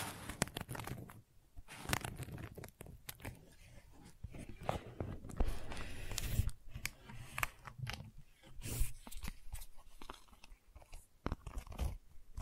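Gentle scratching made of dense, irregular crackly strokes and brief sharp clicks, with short quiet gaps near two and ten seconds.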